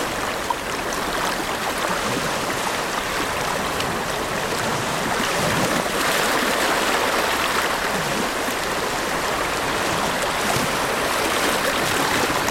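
Gentle ocean waves wash onto sand in a steady, continuous hiss of churning water with no sharp breaks. The sound stays fairly even, swelling slightly louder after about six seconds, with a soft low rumble beneath the bright fizz of foam.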